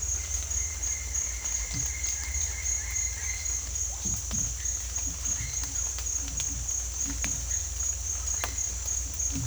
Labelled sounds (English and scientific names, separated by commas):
none